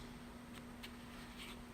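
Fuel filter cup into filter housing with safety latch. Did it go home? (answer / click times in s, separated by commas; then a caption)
no / none. The cup of an Injector Dynamics F750 fuel filter is spun back onto the filter housing by hand, with the spring-loaded safety latch near the indicator on the cup. Faint, brief handling rustles at about 0.6, 0.8 and 1.4 seconds sit over a steady low hum and a thin high tone. Nothing has seated or clicked yet.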